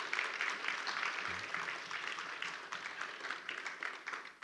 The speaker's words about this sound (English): because you were applauding her, don't you get a sweet taste?